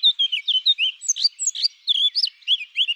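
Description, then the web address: Eurasian blackcap song, a fast, rich warble of fluty, slurred notes rising and falling without pause throughout, with no other sounds. "Sylvia atricapilla"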